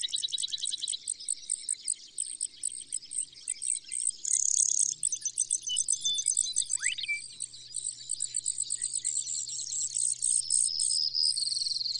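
Brewer's sparrow song, a continuous string of high buzzy trills and rattles alternating in pace, over a steady low hum and faint background noise.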